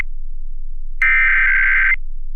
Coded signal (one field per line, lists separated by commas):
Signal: Emergency Alert System (SAME) tones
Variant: header bursts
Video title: EAS #57-60: January 2023 Ohio Required Monthly Test on WNCI FM, WEGW FM, WTOV-TV, & WTRF-TV